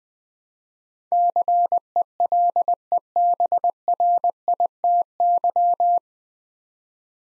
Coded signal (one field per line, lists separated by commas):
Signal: Morse code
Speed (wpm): 20 wpm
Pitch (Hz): 700 Hz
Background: none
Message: CELEBRITY